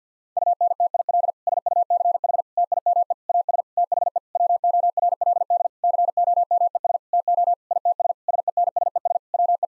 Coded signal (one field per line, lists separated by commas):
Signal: Morse code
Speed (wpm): 50 wpm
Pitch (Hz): 700 Hz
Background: none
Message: UNTIL SUCH TIME AS THE WORLD COMES TO ITS SENSES WE